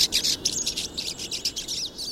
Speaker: this flock of pine siskins swarming around a thistle feeder, their wings briefly flashing yellow as they flit about.